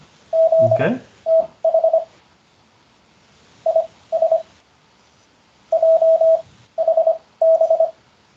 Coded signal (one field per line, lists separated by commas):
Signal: Morse code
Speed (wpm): 26 wpm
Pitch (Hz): 650 Hz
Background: speech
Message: GTH IS JHB